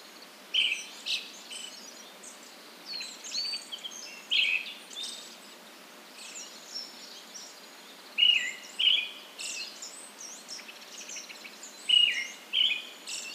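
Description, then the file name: Brown-headed thrush repeating short whistled phrases, often doubled, every few seconds, amid high-pitched chirping of other birds. "akahara"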